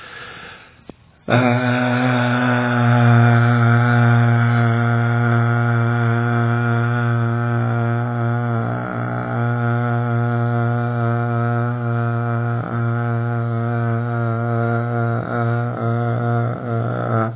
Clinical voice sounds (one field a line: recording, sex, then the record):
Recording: sustained vowel /a/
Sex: male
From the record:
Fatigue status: no fatigue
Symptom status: symptomatic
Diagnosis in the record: COVID-19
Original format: 3gp